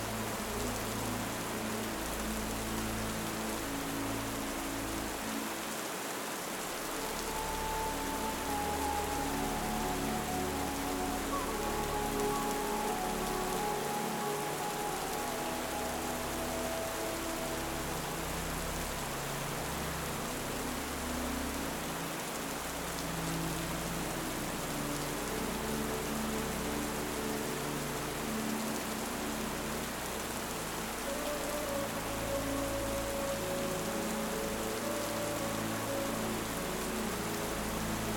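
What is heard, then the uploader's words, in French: Soft, calming music blends with a steady, dense hiss of gentle rain that never lets up. Low sustained tones shift slowly underneath, while a few brighter melodic notes drift in around the middle and again near the end. MUSIQUE Apaisante et Doux Bruit de PLUIE. La musique apaisante se mêle au doux bruit de la pluie.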